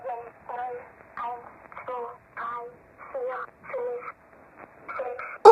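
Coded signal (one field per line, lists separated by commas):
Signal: numbers station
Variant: G02 Swedish Rhapsody, German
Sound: a voice, possibly a child's, reading about nine short evenly spaced words, then a sudden loud noise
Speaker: They were basically reading numbers though. That's literally the translation. It's just numbers unless you want like translation for numbers in German.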